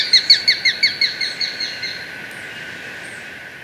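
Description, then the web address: Plain-breasted Hawk calling a fast run of about twelve sharp, ringing notes that fade toward the end. Recorded in Ecuador. "Birds of Ecuador. Plain-Breasted Hawk"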